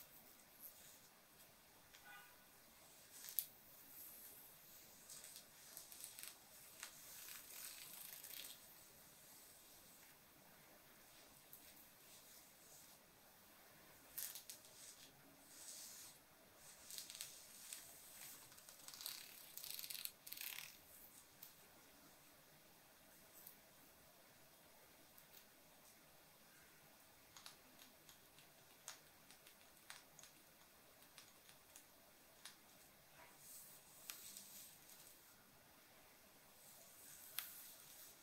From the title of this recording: Jewelry tracing, hair sounds & fabric scratches